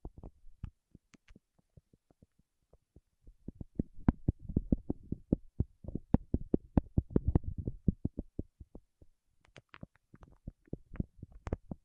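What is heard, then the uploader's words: Fingertips tap and press on wax in short, dull knocks with a low thump and occasional brighter clicks. The taps start sparse, crowd into a quick, uneven flurry from about four to eight seconds, then thin out and pick up again near the end. ASMR with Wax Fingertips for Sleep (No Talking).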